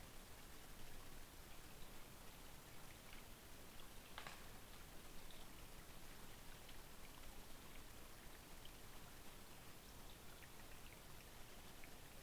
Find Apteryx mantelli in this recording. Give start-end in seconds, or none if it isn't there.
none